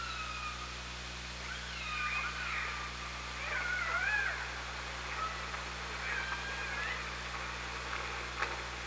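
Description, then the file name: Killer whale calls: several wavering, harmonic tonal calls rise and fall throughout, with pulsed bursts between them, above a steady low hum and background hiss. Recorded on the OrcaLab hydrophone, 24 August 2017, around 17:37. "Orca Lab 20170824"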